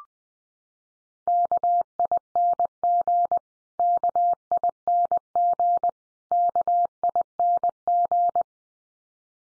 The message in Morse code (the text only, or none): KING KING KING